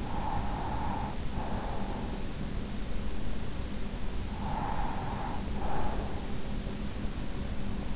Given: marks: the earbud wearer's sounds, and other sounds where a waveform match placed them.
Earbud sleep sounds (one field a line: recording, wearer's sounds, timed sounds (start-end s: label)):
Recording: sounds in sleep by an in-ear microphone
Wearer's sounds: breath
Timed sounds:
0.00-2.37 s: breath
4.08-6.51 s: breath